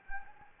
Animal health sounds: mosquito wingbeat signal from an infrared sensor; Anopheles gambiae

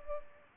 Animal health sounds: mosquito wingbeat signal from an infrared sensor; Culex pipiens

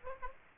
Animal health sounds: mosquito wingbeat signal from an infrared sensor; Aedes aegypti

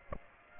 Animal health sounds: mosquito wingbeat signal from an infrared sensor; Aedes aegypti

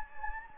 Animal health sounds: mosquito wingbeat signal from an infrared sensor; Anopheles gambiae

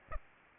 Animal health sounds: mosquito wingbeat signal from an infrared sensor; Aedes aegypti

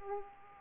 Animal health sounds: mosquito wingbeat signal from an infrared sensor; Aedes aegypti

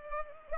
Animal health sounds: mosquito wingbeat signal from an infrared sensor; Culex pipiens

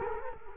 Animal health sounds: mosquito wingbeat signal from an infrared sensor; Culex quinquefasciatus

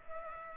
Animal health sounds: mosquito wingbeat signal from an infrared sensor; Culex pipiens

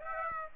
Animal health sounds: mosquito wingbeat signal from an infrared sensor; Aedes aegypti

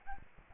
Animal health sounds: mosquito wingbeat signal from an infrared sensor; Aedes albopictus

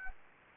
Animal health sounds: mosquito wingbeat signal from an infrared sensor; Anopheles gambiae

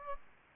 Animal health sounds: mosquito wingbeat signal from an infrared sensor; Aedes aegypti

